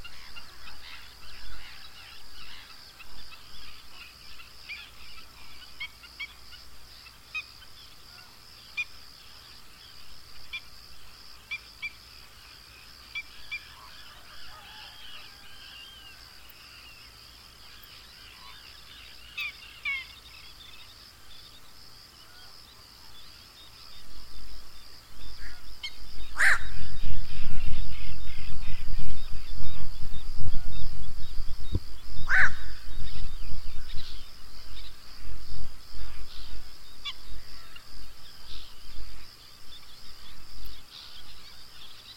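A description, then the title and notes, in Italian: Outdoor sound at the pond of Cabras: a steady, high insect buzz runs throughout, with faint scattered bird calls. From about 25 seconds a low rumble swells and fades by the end, and two sharp snaps stand out near 26 and 32 seconds. Lo Stagno – Cabras.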